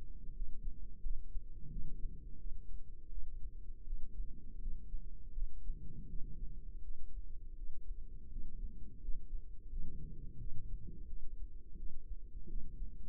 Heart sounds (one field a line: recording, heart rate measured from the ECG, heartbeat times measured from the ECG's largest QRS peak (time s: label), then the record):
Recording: heart sounds by microphone in the right ear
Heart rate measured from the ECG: 84 bpm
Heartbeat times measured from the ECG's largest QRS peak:
0.33 s: heartbeat
1.01 s: heartbeat
1.69 s: heartbeat
2.37 s: heartbeat
3.08 s: heartbeat
3.83 s: heartbeat
4.59 s: heartbeat
5.33 s: heartbeat
6.06 s: heartbeat
6.80 s: heartbeat
7.54 s: heartbeat
8.28 s: heartbeat
8.99 s: heartbeat
9.68 s: heartbeat
10.37 s: heartbeat
11.05 s: heartbeat
11.75 s: heartbeat
12.46 s: heartbeat
From the record:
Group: healthy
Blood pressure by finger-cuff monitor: 125/71 mmHg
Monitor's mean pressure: 89 mmHg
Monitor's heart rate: 84 bpm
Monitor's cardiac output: 8.4 L/min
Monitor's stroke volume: 101 mL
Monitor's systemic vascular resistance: 760 dyn s/cm5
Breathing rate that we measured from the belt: 15 breaths a minute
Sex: male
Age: 33 years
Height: 179 cm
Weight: 80.4 kg